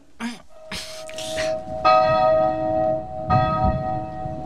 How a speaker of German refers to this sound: Und nun? Wir läuten die Glocken. Los, packt mit an. Helft mir.